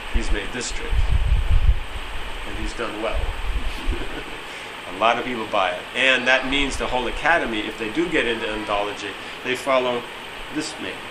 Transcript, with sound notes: He has made this trick, and he has done well. [Laughter] A lot of people buy it, and that means the whole academy, if they do get into Indology, they follow this man.